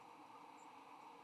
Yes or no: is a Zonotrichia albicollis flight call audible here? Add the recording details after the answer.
no. Another species' flight call is heard. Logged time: 05:46 on 15 November 2014